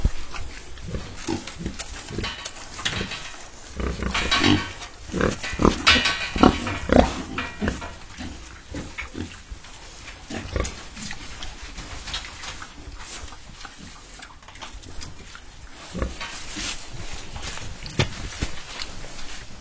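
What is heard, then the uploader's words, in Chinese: Pigs grunt and shuffle in a homemade pig pen. Short snorts and grunts come every second or so, denser and louder around five to seven seconds, over steady rustling and a faint hum, with a brief human voice now and then. 参观自家建的猪圈基地。第一次参观这么系统化大规模的猪圈。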